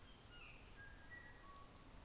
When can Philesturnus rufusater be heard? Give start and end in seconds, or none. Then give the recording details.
none. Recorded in New Zealand on 24 December 2018. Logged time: 17:00